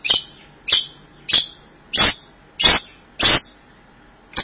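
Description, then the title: Bird giving sharp downslurred chirps, each ending in a brief whistled tail, repeated steadily about every two-thirds of a second. "burung online"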